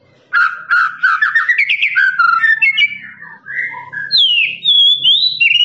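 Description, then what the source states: Lovebird song: a rapid rising rattle of chattering notes, followed by slurred squeaky notes and high downslurred whistles. Lovebird's long ngekek trill, master recording used for training birds.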